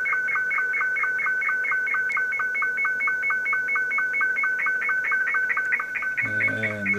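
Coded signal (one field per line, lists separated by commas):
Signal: SSTV (slow-scan television)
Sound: steady warbling tone stepping between two pitches about four times a second, with short clicks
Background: brief other sound at end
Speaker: taking it up through the AM radio Deluxe software the VSS TV module and sending it out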